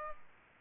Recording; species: mosquito wingbeat signal from an infrared sensor; Culex pipiens